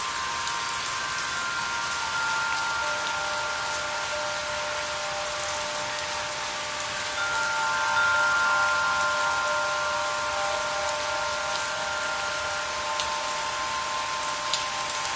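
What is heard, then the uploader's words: Soft rain patters steadily throughout, a dense hiss with scattered tiny drop clicks. Beneath it, several sustained chime tones ring and overlap, fading in and out without clear strikes, with one lower tone joining after a few seconds. Loudness stays nearly even. The wind chime that heals in rainy days.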